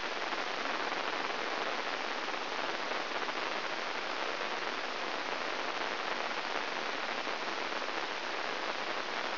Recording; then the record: brain microelectrode recording played as sound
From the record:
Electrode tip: inside the subthalamic nucleus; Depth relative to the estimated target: -4 mm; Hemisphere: right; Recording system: AlphaMap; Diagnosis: Parkinson's disease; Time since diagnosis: 12 years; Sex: female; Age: 56 years